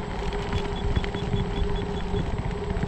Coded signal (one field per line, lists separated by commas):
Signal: none